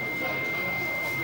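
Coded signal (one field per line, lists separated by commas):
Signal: 300-baud modem data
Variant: 300 bps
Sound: a single steady high tone held throughout, over a hissy background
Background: room hiss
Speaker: we wait for it to answer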